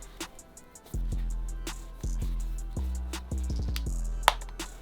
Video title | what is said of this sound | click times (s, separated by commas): WICKED CUSHIONS REVIEW "A MUST HAVE ACCESSORY" | You hear that? That's one of the clicks right there. | 4.3 s